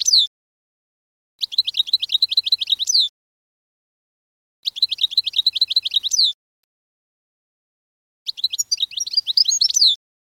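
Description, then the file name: Canary song: three trilled phrases of rapid chirping notes, repeated roughly every three seconds with silence between. "Canary Voice"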